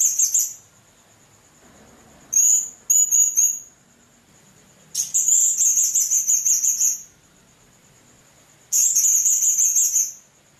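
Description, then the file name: Blue-crowned hanging parrot with shrill, very high chattering bursts in four bouts, some short and paired, others lasting about two seconds, separated by quiet gaps. "serindit"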